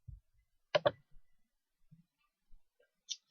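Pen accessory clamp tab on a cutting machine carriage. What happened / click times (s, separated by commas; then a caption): The clamp tab snapped closed / 0.8 s. With the pen inserted in the accessory clamp of a Cricut Explore Air 2 cutting machine carriage, the plastic clamp tabs are pushed closed. A sharp double click comes at 0.8 seconds as the tab snaps shut and the pen is seated, followed by faint low handling noises and a brief, lighter tick near 3.1 seconds.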